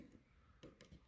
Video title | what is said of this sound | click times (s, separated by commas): replacing a Honneywell thermostat to wifi | and you just push it all the way in until it clicks and it kind of holds it in place | 0.8 s